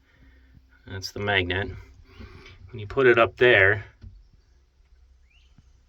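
Someone talks while handling the window panel magnet catch on a deer hunting box blind, which is being raised toward the magnetic catch that holds it up. A brief faint tick is heard near 4.0 s, but the panel has not seated and the magnet has not clicked shut yet.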